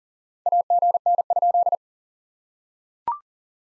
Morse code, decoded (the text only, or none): AGN?